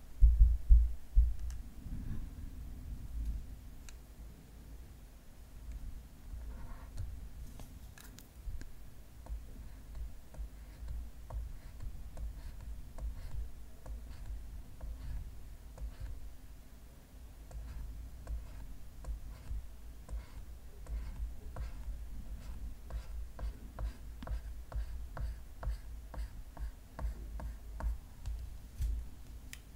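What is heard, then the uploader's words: Makeup being applied on a tablet: soft brushing and light tapping over a low steady rumble, with quick clustered clicks growing busier after midway. Makeup Application on Tablet.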